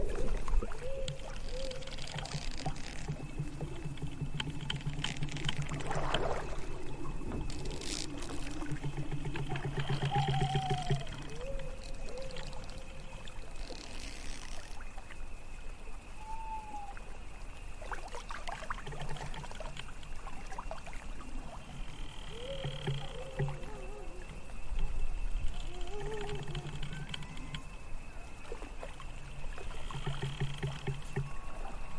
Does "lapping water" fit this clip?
yes